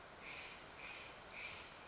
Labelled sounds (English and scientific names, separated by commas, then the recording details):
Steller's Jay (Cyanocitta stelleri)
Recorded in Sonoma County, California